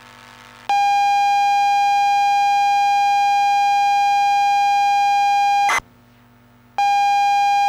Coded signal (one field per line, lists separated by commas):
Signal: ZX Spectrum tape loading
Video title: OUTI Time (2021-12-08) (Woodmass, Mark) test (ZX Spectrum 128K +2, UK)